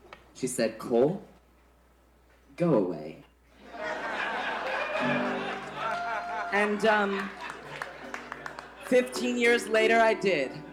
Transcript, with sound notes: she said, Cole, go away.
(LAUGHTER)
And 15 years later, I did.